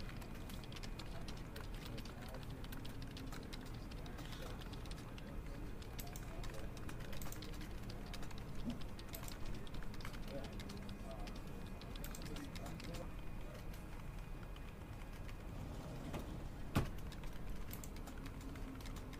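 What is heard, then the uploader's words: A busy office hums with overlapping conversations and steady machine drone, scattered clicks throughout, and a sharp knock near the seventeen-second mark. A corner office in a commercial building. The sound of conversations, Xerox machines, keyboard typing, and phones ringing.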